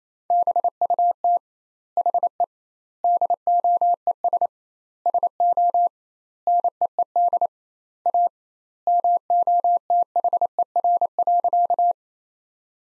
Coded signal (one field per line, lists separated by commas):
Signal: Morse code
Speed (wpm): 28 wpm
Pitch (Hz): 700 Hz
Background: none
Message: BUT HE DOES SO NEED A MOTHER.